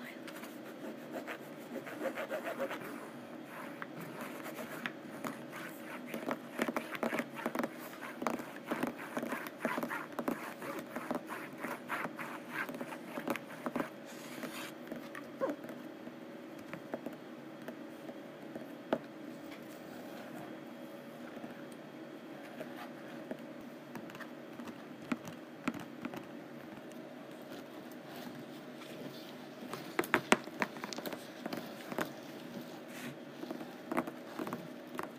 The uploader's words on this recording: ASMR Rough Canvass: Scratching and Tapping.